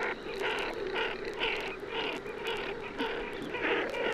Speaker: Hören wir nun zum Vergleich die Rufe fliegender Moorenten.